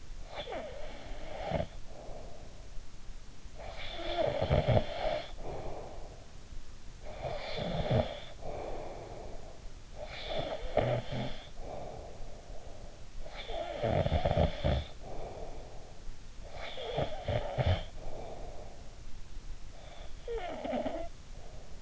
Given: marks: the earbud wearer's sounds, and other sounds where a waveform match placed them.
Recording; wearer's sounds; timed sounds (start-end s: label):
sounds in sleep by an in-ear microphone; snoring breath
0.05-2.91 s: snoring breath
3.24-6.49 s: snoring breath
6.75-16.07 s: snoring breath
16.33-19.36 s: snoring breath
19.71-21.82 s: snoring breath